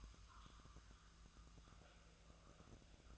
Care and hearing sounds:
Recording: daily activity, microphone in the room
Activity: make coffee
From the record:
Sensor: 2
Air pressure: 1009.3 hPa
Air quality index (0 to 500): 187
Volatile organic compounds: 11 ppm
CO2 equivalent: 2322 ppm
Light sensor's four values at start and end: 23/58/25/27 and 24/59/25/27

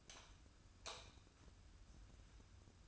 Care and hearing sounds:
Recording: daily activity, microphone in the room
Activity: light off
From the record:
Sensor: 2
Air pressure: 994.3 hPa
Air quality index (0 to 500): 217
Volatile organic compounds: 1000 ppm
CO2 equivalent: 7185 ppm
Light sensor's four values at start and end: 147/356/150/156 and 142/338/143/149

